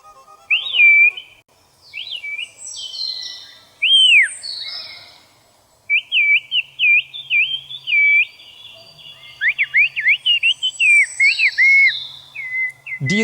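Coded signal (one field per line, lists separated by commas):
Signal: whistled language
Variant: Turkish Kuş dili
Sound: loud piercing whistles gliding up and down in speech-like phrases, a two-way exchange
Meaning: Eren? Yes? We will study math here. I cannot, I will go to the soccer game. Ok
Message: - Eren - Yes? We will study math here.. I cannot I will go to soccer game, Ok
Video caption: Also in Turkey's Black Sea region, villagers used "Islık Dili", a whistle form of Turkish, to send messages across mountain sides. - Eren - Yes? We will study math here.. I cannot I will go to soccer game, Ok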